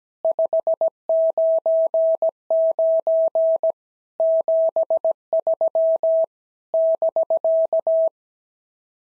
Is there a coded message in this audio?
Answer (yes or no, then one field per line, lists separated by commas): yes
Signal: Morse code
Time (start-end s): 0.2-8.1 s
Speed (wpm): 17 wpm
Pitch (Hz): 650 Hz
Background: none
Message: 599 73 <BK>